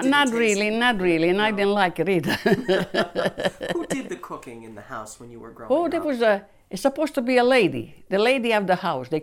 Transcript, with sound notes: Not really, not really, and I didn't like it, either. ( they laugh )
Who did the cooking in the house when you were growing up?
Oh, it was, it's supposed to be a lady, the lady of the house.